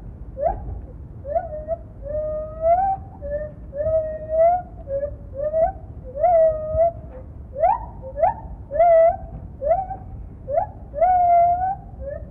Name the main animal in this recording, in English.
Lar Gibbon